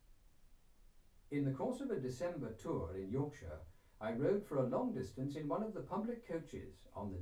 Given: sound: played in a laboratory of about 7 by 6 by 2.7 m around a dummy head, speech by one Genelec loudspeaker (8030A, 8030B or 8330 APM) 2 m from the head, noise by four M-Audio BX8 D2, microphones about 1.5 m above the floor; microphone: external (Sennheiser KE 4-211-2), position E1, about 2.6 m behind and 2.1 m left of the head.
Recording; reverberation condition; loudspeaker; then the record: male speech in English; low; 120 degrees to the right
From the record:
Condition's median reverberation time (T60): about 310 ms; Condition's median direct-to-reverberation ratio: about 3.5 dB